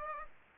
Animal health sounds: mosquito wingbeat signal from an infrared sensor; Aedes aegypti

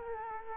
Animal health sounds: mosquito wingbeat signal from an infrared sensor; Culex quinquefasciatus

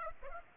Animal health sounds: mosquito wingbeat signal from an infrared sensor; Aedes aegypti

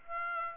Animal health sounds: mosquito wingbeat signal from an infrared sensor; Aedes aegypti

